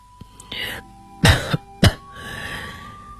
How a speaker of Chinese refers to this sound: KDA 没有说话，德里特里便咳嗽了两声，继续说下去。